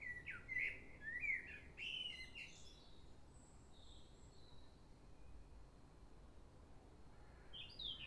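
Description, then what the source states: Common blackbird song: low fluty warbled phrases for nearly three seconds ending in thin high twitters, a pause with faint high notes, then a new phrase beginning; steady low background rumble. Recorded at Crystal Palace in London, England.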